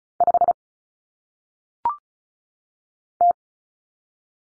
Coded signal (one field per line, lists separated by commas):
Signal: Morse code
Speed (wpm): 36 wpm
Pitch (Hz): 700 Hz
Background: none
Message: 5 T